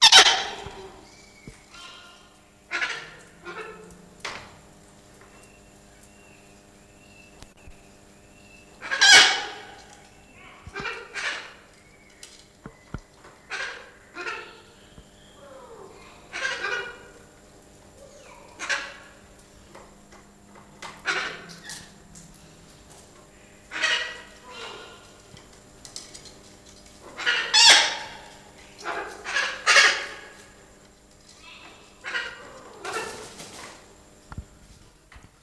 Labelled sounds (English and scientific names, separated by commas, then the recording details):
Yellow-crested Cockatoo (Cacatua sulphurea) call
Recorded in captivity
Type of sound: call
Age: adult
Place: Zoo Leipzig, Sachsen, DE
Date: 1992-01-11
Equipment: Nagra SN, Kopie Tesla B 116
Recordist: Tembrock, Günter
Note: Diverse Laute (Gruppe)